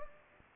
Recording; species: mosquito wingbeat signal from an infrared sensor; Anopheles gambiae